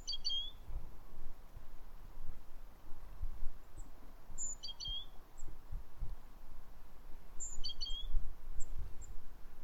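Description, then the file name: Great tit giving three similar calls, each a high thin note dropping into a quick series of lower chirps, a few seconds apart, over low background rumble. "Parus major"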